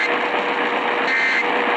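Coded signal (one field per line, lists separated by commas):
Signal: Emergency Alert System (SAME) tones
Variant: end-of-message bursts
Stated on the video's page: Flash Flood Warning for four Louisiana parishes, heard as broadcast on WWL 870 AM.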